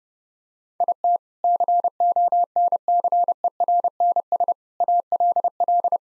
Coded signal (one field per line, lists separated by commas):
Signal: Morse code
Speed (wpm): 30 wpm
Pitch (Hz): 700 Hz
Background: none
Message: IT CONCERNS ALL